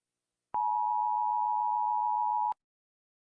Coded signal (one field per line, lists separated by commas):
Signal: Emergency Alert System (SAME) tones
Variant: 853 and 960 Hz attention tone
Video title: rating Eas Alarms from all different countries (also my edits and cringe and I remade the vid)